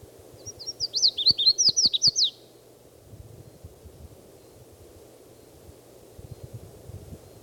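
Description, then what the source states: Red-faced warbler song: a rapid run of high, sweet, slurred notes for nearly two seconds, followed by near silence with faint low rumbling. Song given while flying from one tree to another; around 10 to 10:30 on 17 May at the foot of Mount Elden Road.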